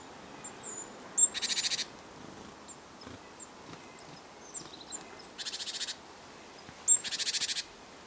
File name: Parus major